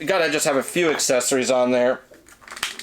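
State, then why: Seated. An interchangeable plastic hand holding a microphone is pushed onto the wrist peg of a Krusty action figure. Someone talks, then small handling ticks follow. The hand clicks into place at 2.6 s with a sharp snap and seats on the wrist.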